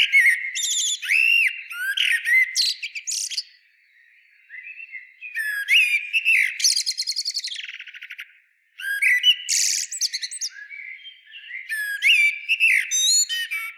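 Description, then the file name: Common blackbird song phrases, varied warbled and whistled notes with squeaky high twitters, delivered in bursts separated by short pauses. "Turdus merula"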